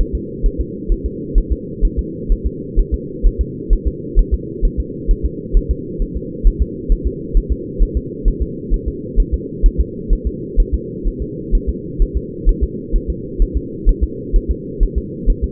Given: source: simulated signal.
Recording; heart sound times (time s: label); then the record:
fetal heart sounds
0.01 s: S1
0.15 s: S2
0.46 s: S1
0.61 s: S2
0.92 s: S1
1.06 s: S2
1.38 s: S1
1.52 s: S2
1.85 s: S1
1.99 s: S2
2.32 s: S1
2.47 s: S2
2.80 s: S1
2.94 s: S2
3.27 s: S1
3.41 s: S2
3.73 s: S1
3.87 s: S2
4.19 s: S1
4.34 s: S2
4.65 s: S1
4.80 s: S2
5.11 s: S1
5.25 s: S2
5.57 s: S1
5.71 s: S2
6.02 s: S1
6.17 s: S2
6.47 s: S1
6.62 s: S2
6.92 s: S1
7.07 s: S2
7.37 s: S1
7.52 s: S2
7.82 s: S1
7.97 s: S2
8.28 s: S1
8.42 s: S2
8.74 s: S1
8.88 s: S2
9.20 s: S1
9.34 s: S2
9.66 s: S1
9.80 s: S2
10.13 s: S1
10.27 s: S2
10.60 s: S1
10.74 s: S2
11.07 s: S1
11.22 s: S2
11.55 s: S1
11.69 s: S2
12.02 s: S1
12.17 s: S2
12.49 s: S1
12.63 s: S2
12.96 s: S1
13.10 s: S2
13.42 s: S1
13.57 s: S2
13.89 s: S1
14.04 s: S2
14.36 s: S1
14.51 s: S2
14.83 s: S1
14.98 s: S2
15.30 s: S1
15.44 s: S2
From the record:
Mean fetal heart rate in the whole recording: 130 bpm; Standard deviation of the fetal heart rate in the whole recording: 4 bpm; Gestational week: 38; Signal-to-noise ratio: -4.1 dB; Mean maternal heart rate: no maternal heart sound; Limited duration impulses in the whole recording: absent